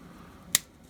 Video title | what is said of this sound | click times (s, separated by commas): Eaglemoss Build The U.S.S. Enterprise NCC-1701-D shipment 1 (Build) | know, is that clipped? It sounded like it clicked into place. | 0.6 s